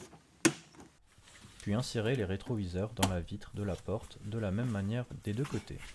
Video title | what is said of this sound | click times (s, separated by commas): Tuto Montage d'un Véhicule Électrique pour Enfant 🚗 (Mercedes AMG) | Appuyez au bon endroit jusqu'à entendre le clips ou visser selon le modèle. | 0.5 s